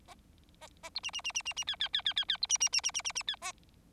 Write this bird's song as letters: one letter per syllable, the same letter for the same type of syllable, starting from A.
A A B C C C C C C D D D D D D B C C C C C C C D A